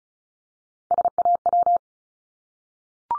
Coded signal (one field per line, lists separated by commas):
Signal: Morse code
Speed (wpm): 36 wpm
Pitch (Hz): 700 Hz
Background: none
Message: SAW